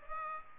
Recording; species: mosquito wingbeat signal from an infrared sensor; Culex pipiens